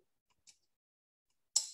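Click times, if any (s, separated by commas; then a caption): 1.6 s. A Schrader valve core is tightened into a refrigeration service port with a torque-limiting valve core tool. After a faint tick at 0.5 s, the tool gives a sharp, loud, bright click at 1.6 s as the clutch lets go at its torque setting. The core is confirmed tightened to torque.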